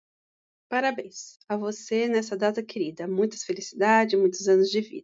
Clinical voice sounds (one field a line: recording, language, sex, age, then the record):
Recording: short text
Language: Brazilian Portuguese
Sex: female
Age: 40 to 49 years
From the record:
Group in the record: control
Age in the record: 40 years